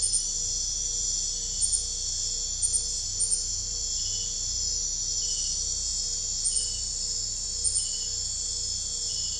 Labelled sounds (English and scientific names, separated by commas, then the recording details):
none
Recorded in secondary vegetation near Puerto Asís, Putumayo, Colombia, on 21 December 2024 at 00:00
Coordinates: 0.498, -76.327
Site GP07